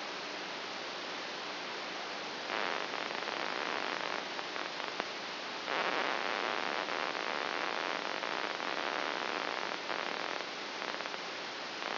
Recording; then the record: brain microelectrode recording played as sound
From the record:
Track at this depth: inside the subthalamic nucleus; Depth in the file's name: 2.205 mm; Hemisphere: right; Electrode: 2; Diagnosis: Parkinson's disease